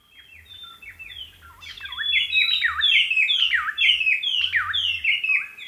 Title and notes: White-Browed Robin Chat. August 14 2015, 6:36 AM. Okavango Panhandle